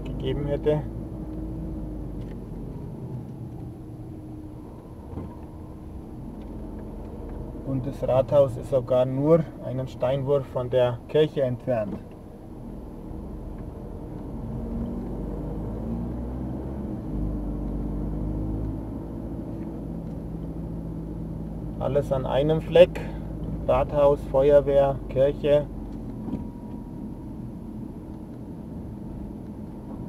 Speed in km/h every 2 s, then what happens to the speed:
18, 14, 9, 9, 11, 7, 7, 22, 30, 32, 32, 32, 26, 24, 25.
0-4 slows to 9. 4-12 steady at about 9. 12-17 speeds up to 32. 17-22 steady at about 32. 22-26 slows to 24.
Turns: 4-15.